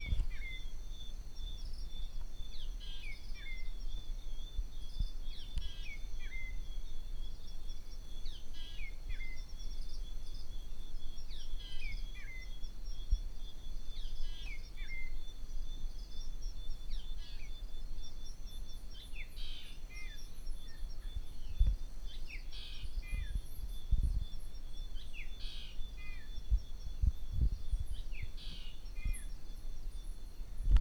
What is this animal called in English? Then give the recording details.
Fork-tailed Drongo. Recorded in Lake Mburo, Uganda